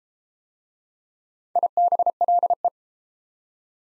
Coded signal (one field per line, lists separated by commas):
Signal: Morse code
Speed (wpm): 32 wpm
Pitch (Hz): 700 Hz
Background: none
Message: IBLE